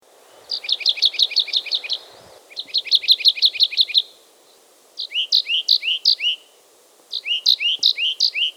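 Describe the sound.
Bird song: two fast, buzzy trilled phrases followed by two phrases of sharp, high slurred notes, separated by brief pauses over steady low background noise.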